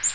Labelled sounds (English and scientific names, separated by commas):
Blue-winged Warbler (Vermivora cyanoptera) flight call